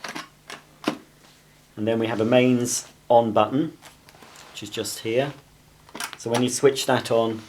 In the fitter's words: So we just need to put the battery in until it clicks,